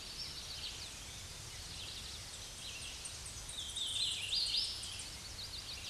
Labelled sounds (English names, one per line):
Hooded Warbler song